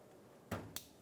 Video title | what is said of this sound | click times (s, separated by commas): How to Replace Alternator 2010-2015 Lexus RX350 | push until you hear a click | 0.8 s